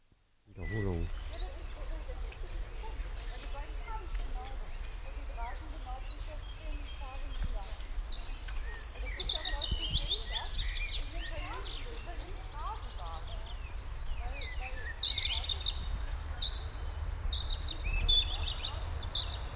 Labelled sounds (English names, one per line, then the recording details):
European Robin
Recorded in the wild
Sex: male
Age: adult
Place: Rheinsberg, Brandenburg, DE
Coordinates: 53.1, 12.9
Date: 1995-04-14
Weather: heiter, 10°C
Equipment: Marantz CP 430, Sennheiser ME 80, Kopie Uher 4000 Report Monitor
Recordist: Tembrock, Günter